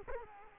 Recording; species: mosquito wingbeat signal from an infrared sensor; Culex quinquefasciatus